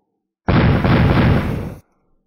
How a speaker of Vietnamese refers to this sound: Trên mặt hồ vang lên tiếng nổ đùng đùng không ngớt, thỉnh thoảng bùng lên những cái cột sóng hung tợn cao hơn trăm trượng, hào quang của pháp bảo và pháp thuật đang xen dày đặc, vô cùng rực rỡ.